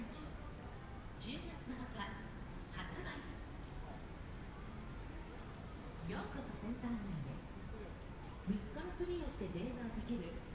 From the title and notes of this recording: 3D AUDIO Walking in Shibuya 渋谷 Tokyo, Japan.